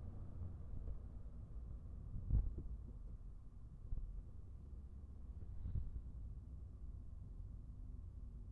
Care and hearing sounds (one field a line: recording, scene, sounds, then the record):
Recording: everyday scene through a hearing-aid microphone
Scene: in a vehicle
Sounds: engine, rumble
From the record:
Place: Skoda Fabia, gasoline engine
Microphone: behind the ear, right, rear